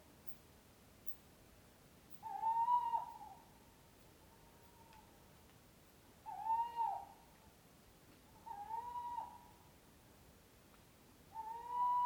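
Owl hoots, four slightly wavering notes, each under a second, spaced two to four seconds apart over a quiet background.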